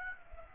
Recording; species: mosquito wingbeat signal from an infrared sensor; Aedes aegypti